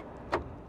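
The front end of a new plastic intercooler hose is pushed onto its turbo pipe fitting on the engine of a 2019+ Sprinter van. A single sharp click sounds at 0.3 s against a low steady background. The hose coupling snaps on and is seated.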